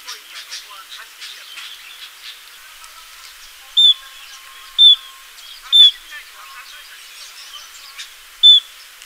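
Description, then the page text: Chestnut munia: four clear high piping notes over soft, mixed background chatter. "Chestnut Munia Calls. Quick Sounds"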